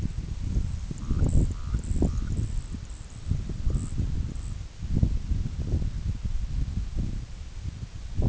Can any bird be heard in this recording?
yes